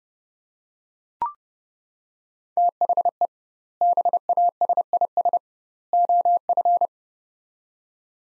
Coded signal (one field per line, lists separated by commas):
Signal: Morse code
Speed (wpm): 30 wpm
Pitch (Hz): 700 Hz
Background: none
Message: THE BASIS OF